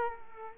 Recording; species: mosquito wingbeat signal from an infrared sensor; Culex quinquefasciatus